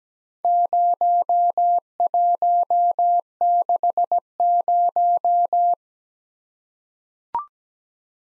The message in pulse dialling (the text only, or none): none